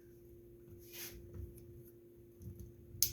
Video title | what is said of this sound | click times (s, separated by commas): how to take a carburetor off and put a new one on a Honda four-wheeler Kawasaki 400 Ranch year 2007 | make sure you hear a clicking noise like that | 3.0 s